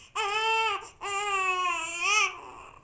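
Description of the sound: Two sustained infant cry bursts, roughly 0.6 and 1.3 seconds long, separated by a brief inhalation gap. The voice is high-pitched and tonal with a slight rise and fall near the end, a typical baby cry.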